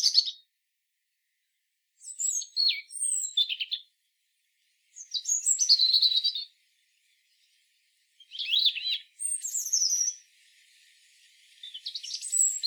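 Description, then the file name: European robin song: several separate bursts of high, tinkling warbles and sliding whistles, with pauses between. "Erithacus rubecula"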